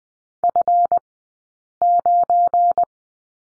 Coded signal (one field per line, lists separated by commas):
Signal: Morse code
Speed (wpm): 20 wpm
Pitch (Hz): 700 Hz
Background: none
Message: F9